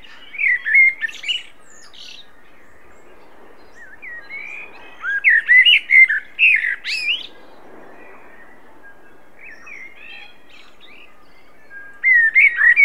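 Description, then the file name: Common blackbird song: three separate phrases with silent pauses, each of fluty warbled notes ending in thin, high squeaky flourishes. "Turdus merula"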